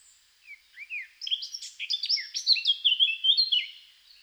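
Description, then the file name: Eurasian blackcap singing a few soft opening notes, then a quick, jumbled warble that turns into clear, whistled phrases. "Sylvia atricapilla"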